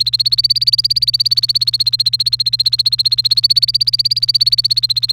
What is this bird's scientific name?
Serinus canaria